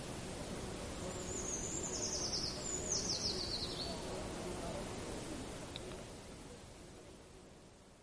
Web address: linnut puukiipija